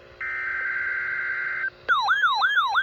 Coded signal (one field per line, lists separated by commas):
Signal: Emergency Alert System (SAME) tones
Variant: header bursts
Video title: WWF75 Required Weekly Test. 11/12/25 EAS #514